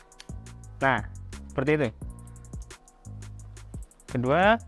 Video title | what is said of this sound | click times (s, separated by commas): KALA GADGET : NINTENDO SWITCH V2 Alat Game Unik yang Bisa Dipakai untuk Berolahraga !!!! | ketika kalian memasang jaikon ini sudah sampai ke bunyi klik nah | 0.2 s